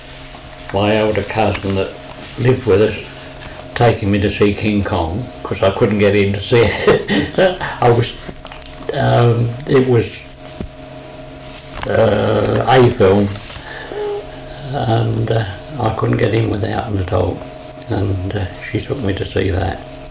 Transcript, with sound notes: my elder cousin that lived with us taking me to see King Kong, 'cause I couldn't get in to see it. [laughs] It was eh, an 'A' film and I couldn't get in without an adult. And she took me to see that.